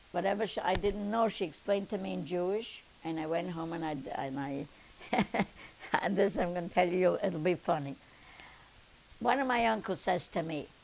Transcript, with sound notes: Whatever I didn't know she explained to me in Jewish, and I went home and I, ( she laughs ) this I'm going to tell you, it'll be funny. One of my uncles says to me,